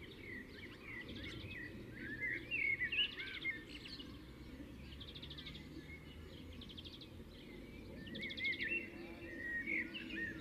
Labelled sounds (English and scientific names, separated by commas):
European Greenfinch (Chloris chloris) song